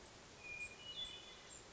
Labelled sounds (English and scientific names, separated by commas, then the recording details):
Hermit Thrush (Catharus guttatus)
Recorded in Sonoma County, California